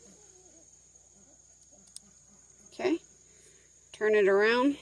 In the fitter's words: just pop those guys back on there. They click right into space.